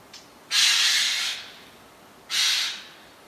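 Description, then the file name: Eurasian jay giving harsh, rasping screeches: a long hoarse burst lasting almost a second, then a shorter one about a second later, over a quiet background. "Garrulus glandarius"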